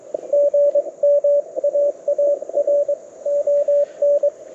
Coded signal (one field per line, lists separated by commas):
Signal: Morse code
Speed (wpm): 22 wpm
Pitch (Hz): 590 Hz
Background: radio noise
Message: GM AARON